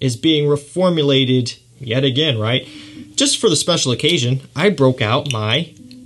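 Someone talks while handling a metal snap-on cap for a vintage glass fragrance bottle. The clip ends before the cap goes on, so nothing has seated or clicked yet.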